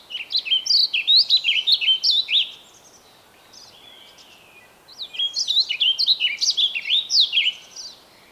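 Bird song: a brisk phrase of high, tumbling whistled notes, a pause of two or three seconds with soft hiss, then another similar phrase.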